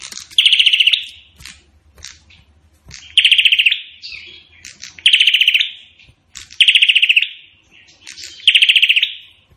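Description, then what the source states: Prinia delivering five explosive trills of rapid high chips, with brief thin calls filling the gaps. Prenjak singing in full voice ('gacor'), in the song style called 'Suara Tembakan Ak-47' (AK-47 gunfire sound).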